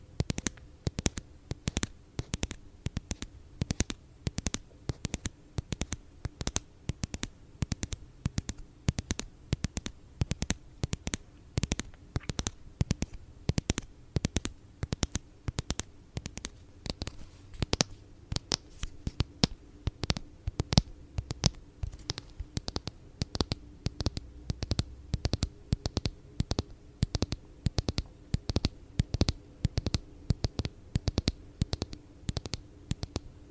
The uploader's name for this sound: asmr tapping